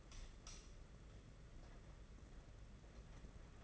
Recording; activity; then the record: daily activity, microphone in the room; light on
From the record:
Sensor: 4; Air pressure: 992.7 hPa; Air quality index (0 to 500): 171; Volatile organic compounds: 271 ppm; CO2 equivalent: 4413 ppm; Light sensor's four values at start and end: 4/8/3/3 and 5/10/4/4